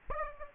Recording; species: mosquito wingbeat signal from an infrared sensor; Aedes aegypti